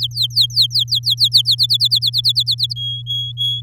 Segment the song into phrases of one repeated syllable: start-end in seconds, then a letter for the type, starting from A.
0.00-1.42 A, 1.45-2.74 B, 2.76-3.61 C